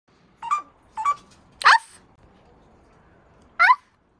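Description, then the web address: Eurasian jay giving imitated dog barks: three sharp yelps in quick succession, then a pause and one final strident bark. Jay imitating voices, including dog barks and chatter. "le geai imite les voix aboiements et bavardages"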